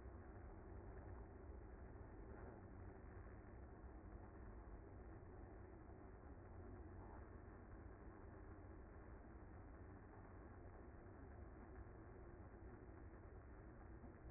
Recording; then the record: honeybee colony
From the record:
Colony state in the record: active